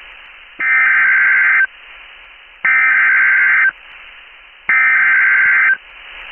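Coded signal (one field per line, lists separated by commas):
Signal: Emergency Alert System (SAME) tones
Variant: header bursts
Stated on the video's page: Recreated EAS alert for a severe thunderstorm warning, not a real broadcast.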